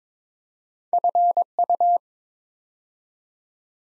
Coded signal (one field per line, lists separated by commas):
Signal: Morse code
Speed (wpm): 23 wpm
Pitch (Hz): 700 Hz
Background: none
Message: FU